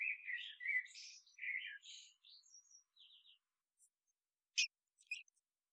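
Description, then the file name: Common blackbird song: a run of mellow warbled notes that fades into softer high twittering, with a few sharp high chips near the end. "Turdus merula"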